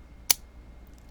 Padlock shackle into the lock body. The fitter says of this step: nice nice click